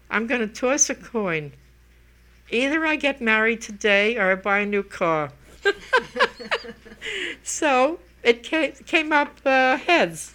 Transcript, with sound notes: I'm going to toss a coin. Either I get married today or I buy a new car." [They laugh] So it came up heads,